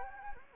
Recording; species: mosquito wingbeat signal from an infrared sensor; Anopheles gambiae